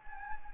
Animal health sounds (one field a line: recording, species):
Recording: mosquito wingbeat signal from an infrared sensor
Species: Anopheles gambiae